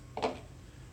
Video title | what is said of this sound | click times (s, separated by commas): How to Use The Monster Cleaner Bottle Washer for perfect Wine or Beer Brewing | You gotta make sure it gets there and makes a click so it's not loose. | 0.2 s